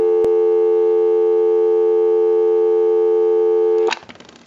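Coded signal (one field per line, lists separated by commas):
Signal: telephone call progress tone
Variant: North America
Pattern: dial tone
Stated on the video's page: Tone heard through a Western Electric 500 rotary dial telephone during checkout and repair.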